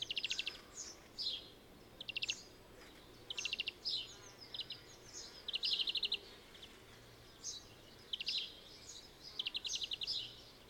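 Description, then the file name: European greenfinch calls: short, dry, buzzy trills and twittering rattles in quick bursts, repeated throughout over faint background hiss. "Chloris chloris"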